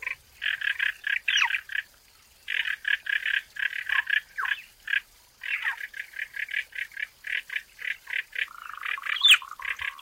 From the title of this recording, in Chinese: 林中蛙鸣鸟鸣